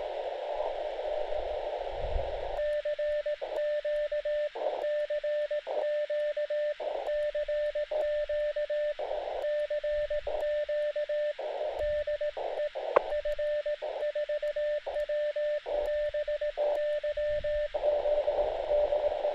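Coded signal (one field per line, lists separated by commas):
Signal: Morse code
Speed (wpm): 18 wpm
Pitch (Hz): 1800 Hz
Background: radio noise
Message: CQ CQ CQ CQ DE F4WBY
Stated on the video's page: Portable hilltop field operation on VHF and HF.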